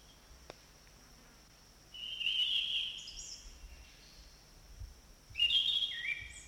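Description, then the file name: Orange-banded thrush song: two short bursts of warbled, whistled notes a few seconds apart, over steady high-pitched background hiss. Forest bird. "anis cendana hutan omkicau"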